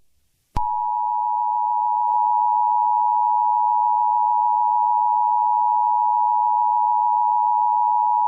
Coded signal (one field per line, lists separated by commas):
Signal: Emergency Alert System (SAME) tones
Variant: 853 and 960 Hz attention tone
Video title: EAS Scenario: Entity [SIERRA_CODE_0] Alert